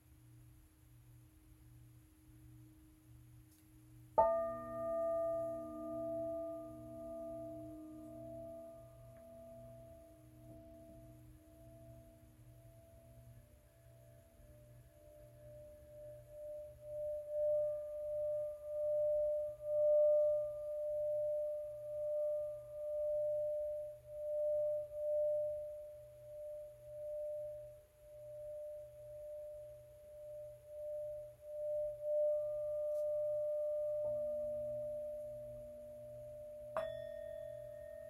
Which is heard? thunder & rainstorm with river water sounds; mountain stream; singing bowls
singing bowls